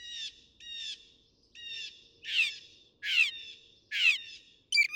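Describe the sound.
Northern mockingbird song: several phrases, first nasal notes, then repeated harsh, scratchy slurs, ending with a sharp, different note.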